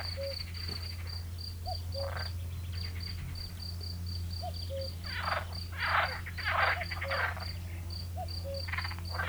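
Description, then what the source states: Field cricket chirping, short high pulses repeated steadily, with occasional bursts of rattling frog croaks and repeated soft two-note cuckoo calls. In nature.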